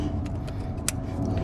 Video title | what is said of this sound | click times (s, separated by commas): How To Replace Power Steering Pump & Power Steering High Pressure Line for 1998-2003 TOYOTA COROLLA | okay I hear the click now put | 0.9 s